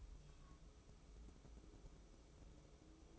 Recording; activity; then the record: daily activity, microphone in the room; take from stove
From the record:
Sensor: 1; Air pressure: 995.5 hPa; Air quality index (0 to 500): 31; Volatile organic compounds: 1 ppm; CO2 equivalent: 569 ppm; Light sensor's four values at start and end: 29/103/39/41 and 29/103/39/41